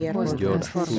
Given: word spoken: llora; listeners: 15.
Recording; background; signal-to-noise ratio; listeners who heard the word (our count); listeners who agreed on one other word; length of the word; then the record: one Spanish word in noise, from a listening test; four-talker babble; -2.0 dB; 4 of 15; 6 of 15; 0.59 s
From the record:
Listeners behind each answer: 6, 4, 1, 1, 1, 1, 1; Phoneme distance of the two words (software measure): 7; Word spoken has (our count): 2 syllables, 4 phonemes, stress on syllable 1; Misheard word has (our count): 2 syllables, 5 phonemes, stress on syllable 1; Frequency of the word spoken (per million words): 9.81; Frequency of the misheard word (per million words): 0.79